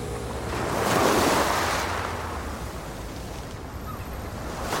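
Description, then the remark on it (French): Sea waves roll in with a broad, hissing roar that swells to a peak early on, then eases into a steady, washing rumble of surf with no voices. “Et si je vous disais que je suis capable d'amener la mer à Paris ?”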